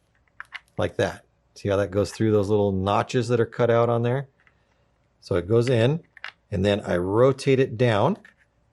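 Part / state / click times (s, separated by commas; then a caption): lens lock tab in paintball goggle frame / not seated / none. A lens lock tab on a Base GS paintball mask frame is handled during a lens swap, fed through the small notches cut in the frame and then rotated down, while someone talks over most of the clip. A few faint, sharp ticks are heard near the start. Nothing has seated or clicked into place yet.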